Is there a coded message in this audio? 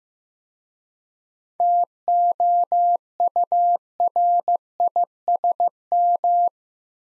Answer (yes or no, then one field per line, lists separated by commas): yes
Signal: Morse code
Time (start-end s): 1.6-6.5 s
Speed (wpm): 15 wpm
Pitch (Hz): 700 Hz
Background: none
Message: TOURISM